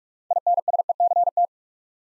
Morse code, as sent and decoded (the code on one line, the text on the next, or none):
.. -. ... . -.-. -
INSECT